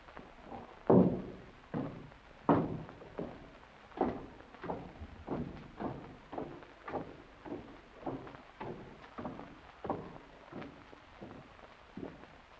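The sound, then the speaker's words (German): Footsteps going down stairs in a steady, unhurried rhythm, roughly seventeen dull thuds, the first few heavier and the rest softer and more even, with no voices. “Die Treppe hinunter. Stufe für Stufe.”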